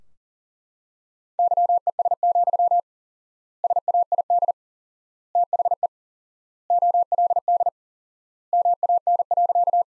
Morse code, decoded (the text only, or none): YES, SAID THE OLD MAN.